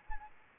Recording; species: mosquito wingbeat signal from an infrared sensor; Anopheles arabiensis